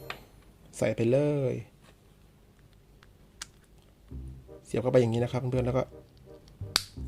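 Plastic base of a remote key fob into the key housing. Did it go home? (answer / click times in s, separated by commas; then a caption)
yes / 6.8 s. After a battery change, the plastic base of a motorcycle remote key fob is slid into the key shell and pushed until it engages its catch while someone talks. A sharp snap at 6.8 s marks the base seating into its lock.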